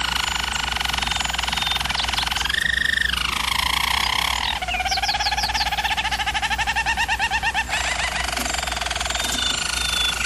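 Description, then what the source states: German Roller canary rolling song, smooth sustained tours then a rapid pulsed trill with quick rising notes, pitch dropping and shifting through the phrase, low hum beneath. Singing used for canary training.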